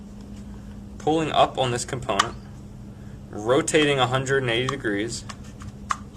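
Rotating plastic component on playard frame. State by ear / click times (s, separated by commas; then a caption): seated / 5.9 s. A plastic frame component on a Graco Pack 'n Play Reversible Napper and Changer Playard (Basin) is pressed at its button, lifted, rotated 180 degrees and pushed down while someone talks. It snaps into place with a sharp click at 5.9 s, seated.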